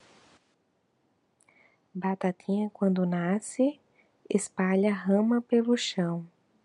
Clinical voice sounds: short text; Brazilian Portuguese; female; 30 to 39 years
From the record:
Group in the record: control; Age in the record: 36 years

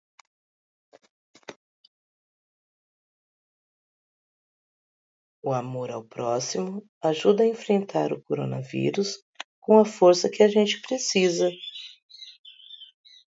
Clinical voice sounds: spoken sentence; Brazilian Portuguese; female; 50 to 59 years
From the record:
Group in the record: control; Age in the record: 52 years

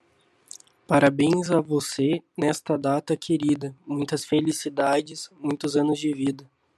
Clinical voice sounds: short text; Brazilian Portuguese; male; 20 to 29 years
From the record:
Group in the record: control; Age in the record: 22 years

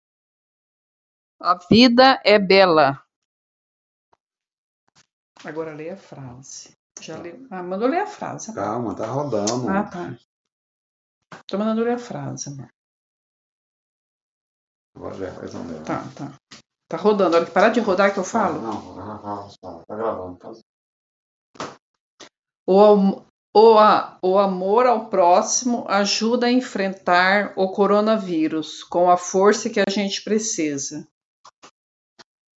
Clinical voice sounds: spoken sentence; Brazilian Portuguese; female; 50 to 59 years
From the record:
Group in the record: control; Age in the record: 54 years

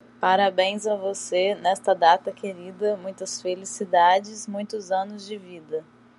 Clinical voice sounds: short text; Brazilian Portuguese; female; 20 to 29 years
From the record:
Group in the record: control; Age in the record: 25 years

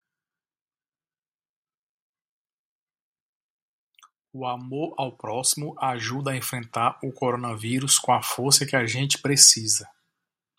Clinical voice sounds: spoken sentence; Brazilian Portuguese; male; 40 to 49 years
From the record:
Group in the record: control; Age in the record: 43 years

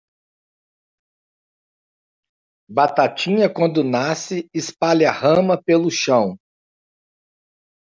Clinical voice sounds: short text; Brazilian Portuguese; male; 40 to 49 years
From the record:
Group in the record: control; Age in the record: 48 years

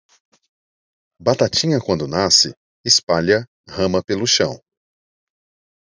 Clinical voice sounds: short text; Brazilian Portuguese; male; 30 to 39 years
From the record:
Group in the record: control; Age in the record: 31 years

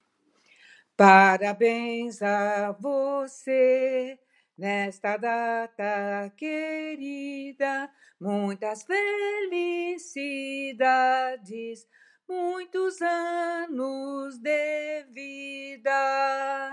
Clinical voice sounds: short text; Brazilian Portuguese; female; 70 to 79 years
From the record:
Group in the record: control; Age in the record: 77 years

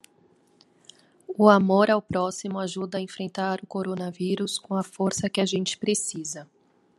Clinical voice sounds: spoken sentence; Brazilian Portuguese; female; 30 to 39 years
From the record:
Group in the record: control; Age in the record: 39 years

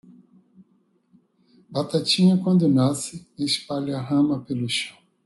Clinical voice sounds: short text; Brazilian Portuguese; male; 50 to 59 years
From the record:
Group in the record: control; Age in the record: 58 years

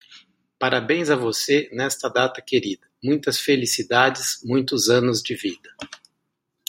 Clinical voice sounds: short text; Brazilian Portuguese; male; 50 to 59 years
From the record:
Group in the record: control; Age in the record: 51 years

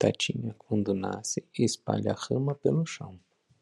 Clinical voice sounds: short text; Brazilian Portuguese; male; 30 to 39 years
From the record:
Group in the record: control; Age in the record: 38 years

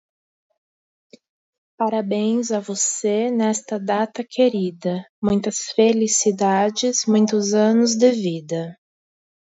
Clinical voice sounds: short text; Brazilian Portuguese; female; 30 to 39 years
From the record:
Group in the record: control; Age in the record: 36 years

